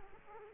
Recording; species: mosquito wingbeat signal from an infrared sensor; Aedes aegypti